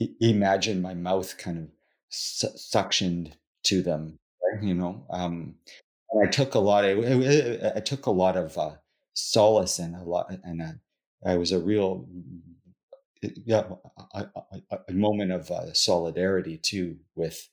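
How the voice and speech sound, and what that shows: A low-pitched adult male voice speaks slowly in short bursts broken by long silent gaps, with a repeated phrase restart and several drawn-out sounds. These repetitions, prolongations and pauses fit stuttered speech in a man who stutters.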